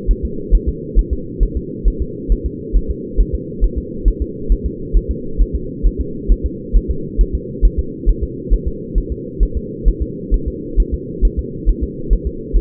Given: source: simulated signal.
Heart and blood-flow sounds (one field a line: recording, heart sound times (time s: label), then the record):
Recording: fetal heart sounds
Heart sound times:
0.11 s: S1
0.25 s: S2
0.55 s: S1
0.69 s: S2
0.99 s: S1
1.13 s: S2
1.43 s: S1
1.57 s: S2
1.88 s: S1
2.02 s: S2
2.32 s: S1
2.46 s: S2
2.77 s: S1
2.91 s: S2
3.21 s: S1
3.34 s: S2
3.64 s: S1
3.78 s: S2
4.08 s: S1
4.22 s: S2
4.52 s: S1
4.66 s: S2
4.97 s: S1
5.11 s: S2
5.41 s: S1
5.56 s: S2
5.87 s: S1
6.01 s: S2
6.32 s: S1
6.46 s: S2
6.77 s: S1
6.91 s: S2
7.21 s: S1
7.35 s: S2
7.65 s: S1
7.79 s: S2
8.09 s: S1
8.23 s: S2
8.54 s: S1
8.68 s: S2
8.98 s: S1
9.12 s: S2
9.43 s: S1
9.57 s: S2
9.88 s: S1
10.02 s: S2
10.34 s: S1
10.48 s: S2
10.80 s: S1
10.94 s: S2
11.25 s: S1
11.39 s: S2
11.69 s: S1
11.83 s: S2
12.13 s: S1
12.27 s: S2
12.56 s: S1
From the record:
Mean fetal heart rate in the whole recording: 135 bpm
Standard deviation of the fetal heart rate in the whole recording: 3 bpm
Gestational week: 36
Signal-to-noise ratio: -4.3 dB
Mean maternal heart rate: 72 bpm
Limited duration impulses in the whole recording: absent